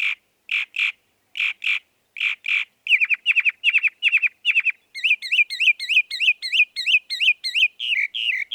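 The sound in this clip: Northern mockingbird song: harsh paired notes, then quick chirps, then a long series of twisting whistled phrases repeated rapidly.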